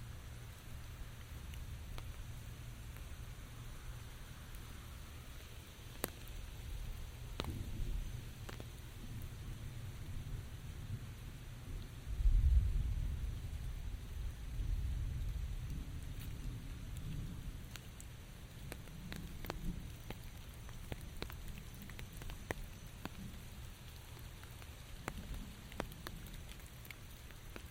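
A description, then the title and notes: Rain patters steadily with scattered sharp drops tapping, under a low rumbling swell that builds around twelve seconds and slowly fades. Relaxing Walk in the Rain, Umbrella and Nature Sounds for Sleep and Relaxation _ 4k ASMR.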